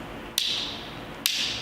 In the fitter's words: that up and lock those into place you